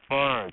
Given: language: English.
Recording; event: throat vibration sensor signal played as sound; speech